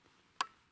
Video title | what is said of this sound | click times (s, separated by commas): Scharfschützen-Armbrust im Test - Survival Armbrust | Das Klacken hast du jetzt gehört. | 0.4 s